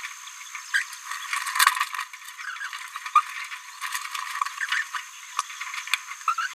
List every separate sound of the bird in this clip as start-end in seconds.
0.04-0.06, 0.73-0.84, 3.16-3.21, 3.95-3.98, 6.28-6.35, 6.38-6.48